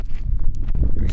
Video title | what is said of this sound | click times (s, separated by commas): Starlink Internet Problems: Troubleshooting + Starlink Tech Support | It snaps into place. | 1.1 s